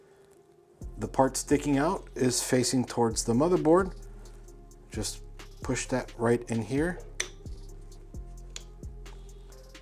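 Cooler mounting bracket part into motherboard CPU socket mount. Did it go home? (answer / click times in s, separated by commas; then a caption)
yes / 7.2 s. A plastic mounting bracket piece for a liquid cooler is pushed into the AM5 socket area on a motherboard, with the part sticking out facing towards the motherboard. Someone talks over soft background music, and a sharp click at 7.2 s marks the bracket seating in place.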